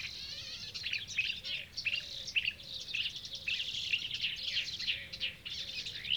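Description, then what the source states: Marsh warbler pouring out a continuous, varied high song of trills and chatter, with soft low notes repeating regularly in the background. Recorded 6 June 2016.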